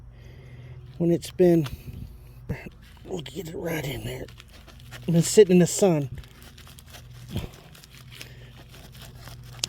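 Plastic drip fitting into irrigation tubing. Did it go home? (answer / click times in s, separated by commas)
yes / 9.6 s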